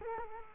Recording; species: mosquito wingbeat signal from an infrared sensor; Culex quinquefasciatus